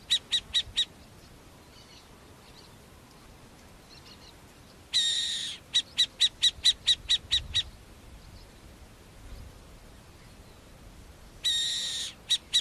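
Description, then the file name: Masked owl calls: a run of short ticking notes, then a rasping hiss-like screech followed by a rapid run of about nine short, evenly spaced ticking notes, then another screech with a few ticks near the end, with faint notes between. "O canto da Coruja Mascarada"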